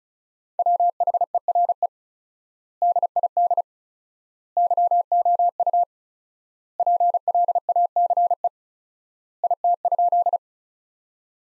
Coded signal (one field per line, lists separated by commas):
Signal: Morse code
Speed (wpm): 36 wpm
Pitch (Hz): 700 Hz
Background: none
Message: WHERE DID YOU PLACE IT?